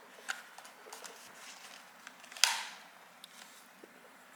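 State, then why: Seated. A round boom-microphone jack with a flat side is pushed into the socket on a gaming headset, with light handling taps before a sharp click at 2.4 s. The click means the detachable mic is properly seated and will not come loose.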